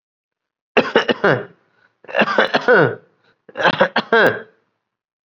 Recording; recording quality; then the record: heavy voluntary cough; excellent, no background noise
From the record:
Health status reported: COVID-19 positive, mild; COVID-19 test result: positive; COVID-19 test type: RT-PCR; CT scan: not taken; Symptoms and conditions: cough, sore throat, fatigue, muscle pain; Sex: male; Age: 23 years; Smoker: no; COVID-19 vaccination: both doses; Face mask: worn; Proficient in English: no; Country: India